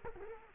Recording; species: mosquito wingbeat signal from an infrared sensor; Culex quinquefasciatus